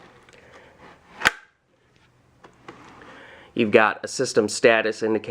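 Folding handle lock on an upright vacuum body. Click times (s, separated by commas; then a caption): 1.3 s. On a Sanitaire SC785 upright vacuum, the release on the folded handle is pressed, and a single loud, sharp click rings out at 1.3 s as the folding handle lock lets go and the handle unlocks. A few faint ticks follow, then someone talks.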